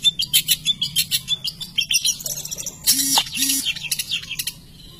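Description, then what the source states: Long-tailed shrike song, rapid high ticking chirps at first, then a loud harsh burst, and two short low tonal blips beneath. Masteran recording, a collection of various songbird sounds used for training songbirds.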